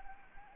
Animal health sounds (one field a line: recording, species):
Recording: mosquito wingbeat signal from an infrared sensor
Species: Anopheles gambiae